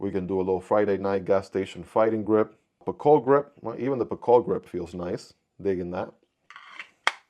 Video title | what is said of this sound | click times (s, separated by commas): This Fixed Blade Might Be The One I’ve Been Looking For! (Kizer Bone) | There we go. Going into the sheath here, right? Nice and smooth. A nice little click there towards the end. | 7.1 s